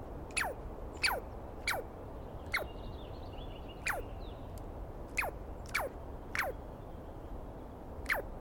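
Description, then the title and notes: Douglas squirrel calls: sharp descending squeals repeated irregularly, some fainter, over steady low background noise. Recorded at dawn on 21 April 2017 in the East Cascades; a single screaming Douglas pine squirrel called at length at the recordist; identified by sound, not clearly seen. "On the morning of 21 April, 2017, I set up my microphones and recorder for a nice dawn recording in the East Cascades. It was early, and I started to fall asleep while recording. Instead of lulling off into dreamland, I was started awake by a screaming Douglas Pine Squirrel."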